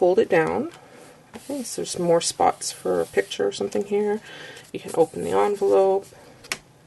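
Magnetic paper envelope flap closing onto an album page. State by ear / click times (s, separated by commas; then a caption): seated / 6.5 s. Someone talks, then a paper envelope flap on a scrapbook album page, held by a magnet hidden behind a decorative cut, is released and snaps back against the magnet. It makes a single short, sharp snap at 6.5 s, and the flap is seated shut.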